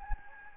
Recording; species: mosquito wingbeat signal from an infrared sensor; Anopheles gambiae